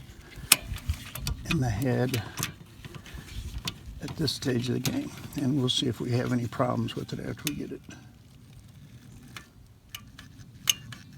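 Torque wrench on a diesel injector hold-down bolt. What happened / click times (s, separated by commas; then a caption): The torque wrench clicked at its setting / 10.7 s. A click-type torque wrench tightens the second diesel injector hold-down bolt on a Sprinter van during repair of leaking injector seals, while someone talks. After scattered small metallic ticks, the wrench gives a sharp click at 10.7 s, showing the bolt has reached its torque setting.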